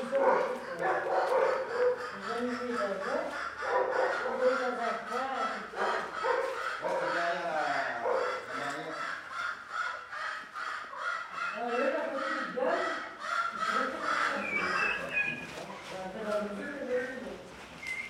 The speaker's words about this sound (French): Il est dindons là-bas. Hein. Hein? En plus, il y a des dindons de l'autre côté. Je vais les enregistrer. J'ai jamais vu, mais je les ai jamais vus.